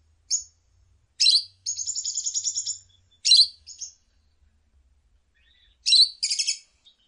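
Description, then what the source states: Lovebird song: piercing chirps leading into an extended fast rattling chatter, followed by more shrill notes and a final buzzy burst. Lovebird ngekek song, used as a bait song to prompt other lovebirds to sing.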